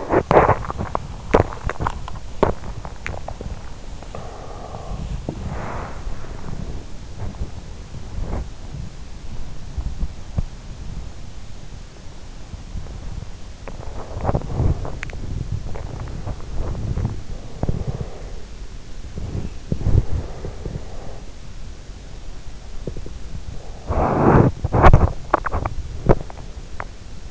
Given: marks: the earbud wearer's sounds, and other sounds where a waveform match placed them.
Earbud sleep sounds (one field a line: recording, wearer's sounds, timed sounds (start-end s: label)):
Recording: sounds in sleep by an in-ear microphone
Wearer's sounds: teeth grinding, swallowing, breath, body movement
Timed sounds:
0.00-3.58 s: teeth grinding
0.56-1.26 s: swallowing
1.71-2.28 s: swallowing
2.81-3.58 s: swallowing
3.83-6.35 s: breath
4.98-24.54 s: body movement
13.83-15.20 s: teeth grinding
15.51-16.31 s: swallowing
17.20-18.61 s: breath
18.78-22.20 s: breath
22.69-27.31 s: teeth grinding